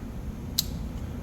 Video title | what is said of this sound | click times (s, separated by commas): Power Door Lock That Jumps Around & Won't Lock. We Can Fix This! | so there and it just it snaps in place it's really all it does | 0.6 s